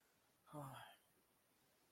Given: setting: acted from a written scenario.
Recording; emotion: vocal sound without words; distress